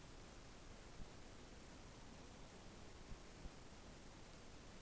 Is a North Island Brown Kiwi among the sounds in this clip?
no